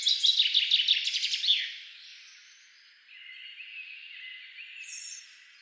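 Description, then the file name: Common chaffinch song, the end of a cascading trill of repeated descending notes with a final flourish, followed by soft background bird chatter. "Fringilla coelebs"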